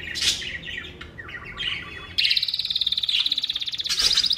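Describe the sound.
Bird giving soft, scratchy twittering notes, then breaking into a loud, rapid, high buzzing trill with a burst of sharper notes at the close.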